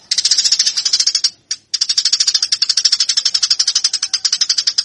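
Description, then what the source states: Eurasian tree sparrow song, a dense series of sharp, chattering chirps, interrupted by a short silence early on, then continuing rapidly to the end. Fighting-style (tarung) song, used as a master for training birds.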